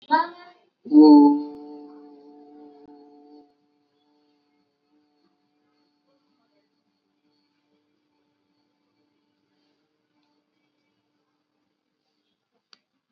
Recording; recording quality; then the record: sustained vowel as in boot; poor, much background noise or distortion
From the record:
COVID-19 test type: RT-PCR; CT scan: not taken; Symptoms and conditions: none ticked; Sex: male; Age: 21 years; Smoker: no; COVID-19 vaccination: both doses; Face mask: worn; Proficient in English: yes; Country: India